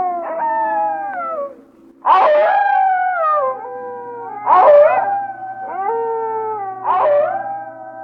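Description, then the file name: Wolf: several wolves howling together, long overlapping howls with louder bursts every few seconds, forming a layered pack chorus. "Pack Of Wolves"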